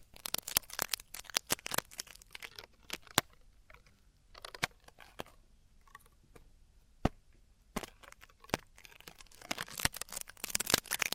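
Traditional Chinese ear cleaning and earwax removal, heard as sharp scratchy crackles and clicks. They come in dense, rapid bursts during the first two seconds and again near the end, with a sparser stretch in the middle where single sharp snaps stand out.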